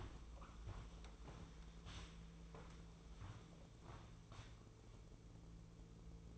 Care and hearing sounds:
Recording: daily activity, microphone in the room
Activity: walk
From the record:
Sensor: 1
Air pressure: 1005.5 hPa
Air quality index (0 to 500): 127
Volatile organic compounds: 5 ppm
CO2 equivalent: 1786 ppm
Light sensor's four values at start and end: 11/26/10/11 and 11/26/10/11

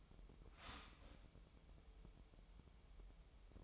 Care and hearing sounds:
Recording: daily activity, microphone in the room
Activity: start toaster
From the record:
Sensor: 1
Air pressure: 988.6 hPa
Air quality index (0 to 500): 197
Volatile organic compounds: 950 ppm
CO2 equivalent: 5244 ppm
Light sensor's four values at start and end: 25/94/35/37 and 25/94/35/37

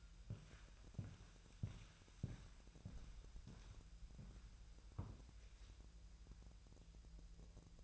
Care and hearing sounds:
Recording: daily activity, microphone in the room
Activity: walk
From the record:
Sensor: 2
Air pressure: 1002.0 hPa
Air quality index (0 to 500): 231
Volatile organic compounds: 59 ppm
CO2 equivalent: 3410 ppm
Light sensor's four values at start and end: 7/16/7/7 and 6/16/6/7

